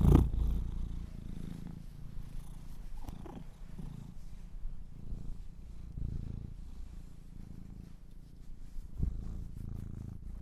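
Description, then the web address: Domestic cat purring, a low throbbing drone after a brief rustle at the start. Kittens purring. "sleepandrelaxasmr - The Purring Kittens"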